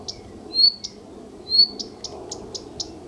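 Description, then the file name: Common redstart song: a clear whistled note and one short high note, then a second whistled note followed by a quick run of short high notes, all within about three seconds over a low background hum. "canto verso codirosso phoenicurus common redstart colirrojo real"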